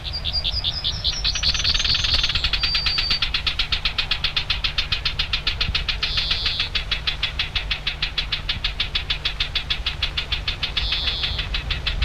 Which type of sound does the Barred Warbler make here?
alarm call